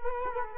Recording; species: mosquito wingbeat signal from an infrared sensor; Culex quinquefasciatus